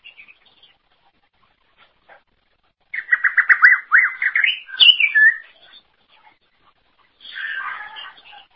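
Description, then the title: Greater green leafbird song: a quick rhythmic series of repeated chirps, then a few slurred whistles, followed by a softer scratchy note. "Cucak ijo"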